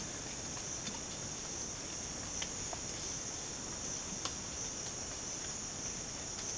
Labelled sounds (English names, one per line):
none